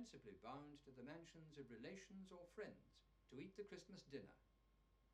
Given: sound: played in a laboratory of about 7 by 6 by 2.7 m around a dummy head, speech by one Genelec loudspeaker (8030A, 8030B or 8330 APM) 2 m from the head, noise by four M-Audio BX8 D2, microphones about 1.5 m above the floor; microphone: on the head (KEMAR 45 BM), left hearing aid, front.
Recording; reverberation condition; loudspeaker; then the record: male speech in English; low; in front (0 degrees)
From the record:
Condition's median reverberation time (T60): about 310 ms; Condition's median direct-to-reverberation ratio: about 3.5 dB